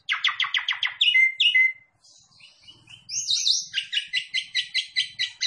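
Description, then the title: Javan pied starling calls, a fast series of harsh chattering notes, a brief quieter gap, then a repeated run of rhythmic chatter. Lure call, meant to make another bird start calling right away. "Pancingan Jalak Suren Langsung Bunyi"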